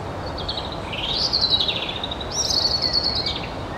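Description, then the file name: European robin song: two sweeping, warbled high phrases that rise and fall in quick wavering notes, heard above a steady background hiss. "Erithacus rubecula"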